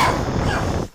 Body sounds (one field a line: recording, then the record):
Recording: coughing mixed with background sound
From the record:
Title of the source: Spring Cold Coughing 2